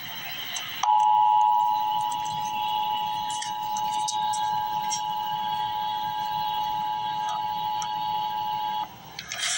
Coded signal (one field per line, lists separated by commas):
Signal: Emergency Alert System (SAME) tones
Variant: 853 and 960 Hz attention tone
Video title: Emergency Alert System - Cold Weather Advisory - Feb 5, 2026 at 12:58 PM EST